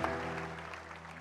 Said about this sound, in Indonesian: Langsung aja kita sambut Umi Qurrata Ayunin. Tepuk tangan yang meriah.